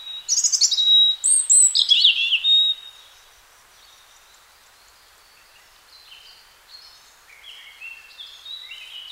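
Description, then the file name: European robin song: an opening burst of loud, high, rippling warbles, then quiet, followed by softer, thin, wavering phrases. "Erithacus rubecula"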